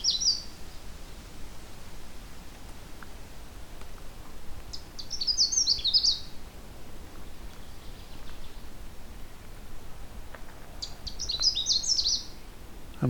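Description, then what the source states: Canada Warbler song: three short, bright, tumbling high phrases of quick chips and slurred notes, the first cut off at the start, spaced several seconds apart, with faint hiss between. Male singing very close and unseen; fairly short, very bright, cheery song; late June, along a trail through a swamp.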